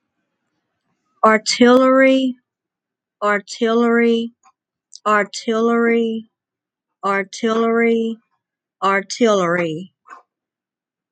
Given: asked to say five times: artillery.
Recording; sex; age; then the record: repeated word; female; 20 to 29 years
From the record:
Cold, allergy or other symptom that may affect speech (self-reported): no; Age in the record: 29 years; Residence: North Carolina, United States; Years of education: 12